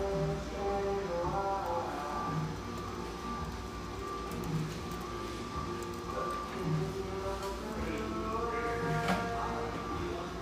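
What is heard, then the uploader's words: Mellow radio music plays in a coffeehouse, its soft bass pulsing about every two seconds under sustained tones. A steady, dense murmur fills the low end throughout, with faint scattered clinks and taps, including a sharper one near the ninth second. The sounds and mellow radio of this beautiful exposed-brick coffeehouse in the Northeast Portland neighborhood of Hazelwood.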